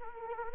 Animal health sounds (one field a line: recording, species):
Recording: mosquito wingbeat signal from an infrared sensor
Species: Anopheles arabiensis